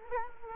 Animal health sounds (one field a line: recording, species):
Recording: mosquito wingbeat signal from an infrared sensor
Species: Culex quinquefasciatus